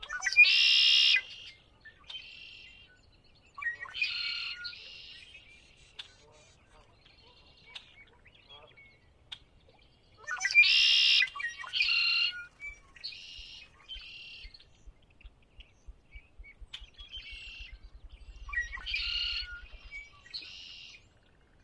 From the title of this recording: Conner's Lake, chilly Spring dawn